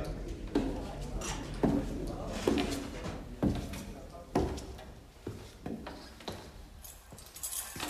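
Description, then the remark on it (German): The flimsy lock on Badou's door being picked: a series of small metallic clicks and scraping rattles at uneven intervals, with occasional sharper knocks as the mechanism is worked. “Das Schloss in Badous Tür verdiente kaum diese Bezeichnung.”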